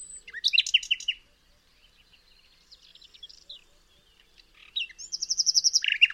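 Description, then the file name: Common nightingale song: a burst of repeated notes, a quieter varied stretch, then a high rattling trill and a fast run of lower repeated notes. "Luscinia megarhynchos"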